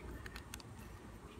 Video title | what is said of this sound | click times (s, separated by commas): Old Timer Schrade Cutlery Interchangeable Switch It Blade System Knife | and it's locked into place now | 0.5 s